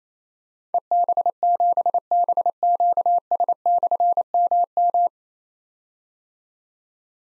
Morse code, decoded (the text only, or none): EB7BQS/MM